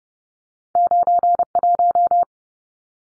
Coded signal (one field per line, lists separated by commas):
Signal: Morse code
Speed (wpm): 30 wpm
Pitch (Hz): 700 Hz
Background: none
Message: 91